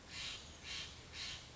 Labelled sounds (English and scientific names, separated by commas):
Steller's Jay (Cyanocitta stelleri)